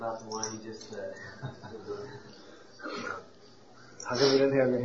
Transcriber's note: devotees laughing